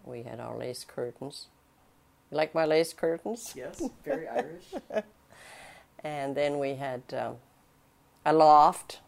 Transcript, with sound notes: We had all lace curtains. You like my lace curtains?
Yes, very Irish.
[Laughs] And then we had a loft.